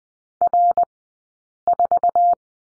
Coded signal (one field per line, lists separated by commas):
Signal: Morse code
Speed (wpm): 20 wpm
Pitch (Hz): 700 Hz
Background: none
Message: R4